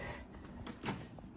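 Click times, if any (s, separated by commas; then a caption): 0.7 s. A Rough Country retractable tonneau cover on a 2021 Chevy Silverado 1500 is pulled by its handle back out along its rails toward the tailgate end, with a soft sliding rumble. A sharp click at 0.7 s marks the cover latching closed, and the cover is seated.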